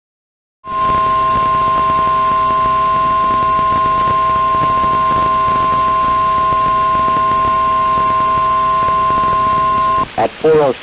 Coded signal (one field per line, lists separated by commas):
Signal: Emergency Alert System (SAME) tones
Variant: 1050 Hz attention tone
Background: speech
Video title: [EAS #114-141] June 21st, 2021 Severe Weather Event